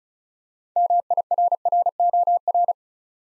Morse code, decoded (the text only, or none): MIRROR